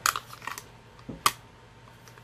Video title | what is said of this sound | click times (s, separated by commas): Alien Gear 4.0 IWB And N8 Squared Professional Reviews: The Most COMFORTABLE Holsters For Big Men | It actually has a nice little click to it. | 1.3 s